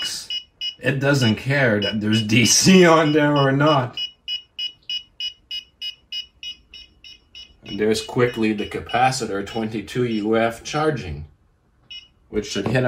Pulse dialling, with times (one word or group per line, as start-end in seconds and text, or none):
none